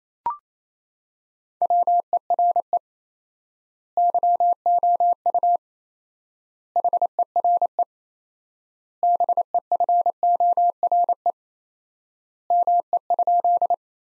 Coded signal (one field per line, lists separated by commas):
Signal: Morse code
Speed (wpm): 27 wpm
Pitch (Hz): 700 Hz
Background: none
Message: WERE YOU HERE BEFORE ME?